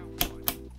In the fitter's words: so if you go back to number one it just clicks number two